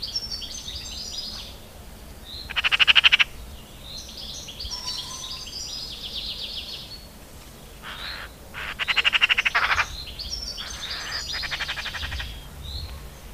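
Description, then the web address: Eurasian magpie rattles out dry, machine-gun chatters in about four bursts, the loudest near three and nine seconds, over a steady backdrop of high chirping songbirds. "agykontroll Madardalok Cd 2. Szarka"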